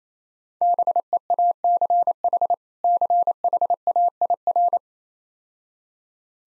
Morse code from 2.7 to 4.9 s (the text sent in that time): CHAIR